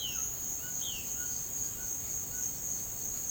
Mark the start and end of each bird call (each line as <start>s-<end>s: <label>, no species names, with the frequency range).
0.57s-2.47s: bird call (0.7-4.2 kHz)